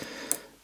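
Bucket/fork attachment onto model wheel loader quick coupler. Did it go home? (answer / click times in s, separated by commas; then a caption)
yes / 0.3 s. A metal bucket or fork attachment is hooked over the top of the quick coupler on a die-cast Motorart Volvo L60E model wheel loader and pressed into place. A single sharp, bright click sounds at 0.3 s over a faint background hiss, and the attachment is seated on the coupler.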